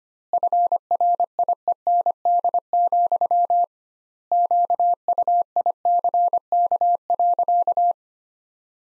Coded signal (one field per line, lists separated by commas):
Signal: Morse code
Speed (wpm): 25 wpm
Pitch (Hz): 700 Hz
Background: none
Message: FRIEND, QUICK.